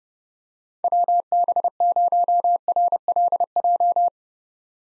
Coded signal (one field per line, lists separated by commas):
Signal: Morse code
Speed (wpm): 30 wpm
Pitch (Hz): 700 Hz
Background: none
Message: WB0RLJ